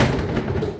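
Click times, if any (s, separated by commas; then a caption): 0.0 s. A Ryobi LINK modular plastic tool box is pushed down again onto a stacking base box after a failed attempt. A sharp latch click at 0.0 s is followed by a fading low rumble. The box is seated on the stack.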